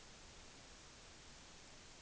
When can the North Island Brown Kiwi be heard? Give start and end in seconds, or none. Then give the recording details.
none. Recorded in New Zealand on 10 November 2013. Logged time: 02:19